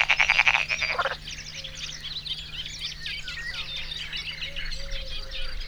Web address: kisvasut hortobagyihalastavak 2014 termeszet bekak madarak belsovegallomas